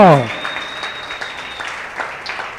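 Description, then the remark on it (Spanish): A church audience breaks into steady, dense applause for God after a prayer, following a brief falling shout from one voice, with a thin, sustained high-pitched tone ringing underneath the clapping for much of it. “En el nombre de Jesús, y el que cree le dice amén y le brinde un aplauso al Dios grande y poderoso.”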